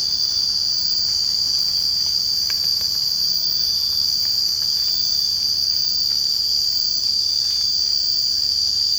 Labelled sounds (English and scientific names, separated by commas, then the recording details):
none
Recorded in secondary vegetation near Puerto Asís, Putumayo, Colombia, on 24 March 2025 at 05:00
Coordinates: 0.502, -76.326
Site G100